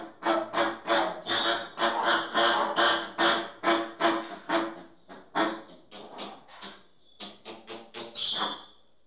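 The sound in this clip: Bird uttering a rhythmic series of rough, nasal squawks about two per second, slowing and softening toward the end, closing with a thin high squeal.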